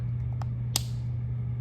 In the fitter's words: always make sure that you hear the snap